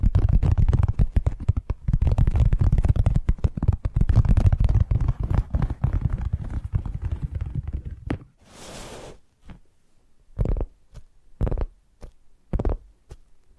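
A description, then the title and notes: Rapid tapping fills the first eight seconds, a dense run of quick, deep knocks with a heavy low thud under each one. Around the ninth second comes a brief hiss like a soft brush or spray. After that, single taps fall sparsely, with short silences between them. ASMR 10 Addictive Tapping Triggers. (No Talking).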